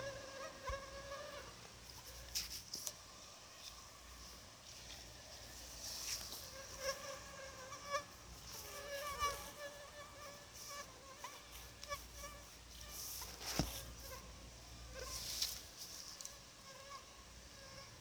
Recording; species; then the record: mosquito flight sound by mobile phone; Anopheles gambiae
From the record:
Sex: female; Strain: RSP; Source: CDC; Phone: Sony Xperia